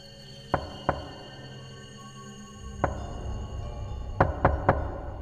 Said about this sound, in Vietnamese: Con Tuyến vừa dứt lời thì cửa phòng bà Quy bất giác bị ai gõ. Tiếng gõ cửa cứ ba nhịp một vang lên trong đêm.